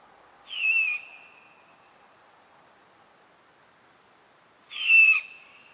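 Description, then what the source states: Great Horned Owl begging call: two raspy screeches about four seconds apart, each roughly half a second long. Begging call of chicks and fledglings; loud, distinct, single-syllable raspy screech.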